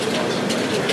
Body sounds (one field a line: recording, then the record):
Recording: background sound without coughing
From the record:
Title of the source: Office Sounds Ambience - Background Noise for Study and Work